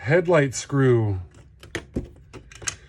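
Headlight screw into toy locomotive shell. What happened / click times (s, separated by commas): The small screw spins without biting / none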